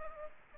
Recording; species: mosquito wingbeat signal from an infrared sensor; Aedes aegypti